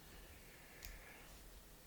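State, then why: Seated. A crimped wire connector is slid through an opening and pushed into its mating plastic housing on the power supply wiring of a RigidBot 3D printer. Against a low, steady background hiss, a single short, sharp click sounds at 0.9 s as the connector pops into place. The connector is seated in its housing.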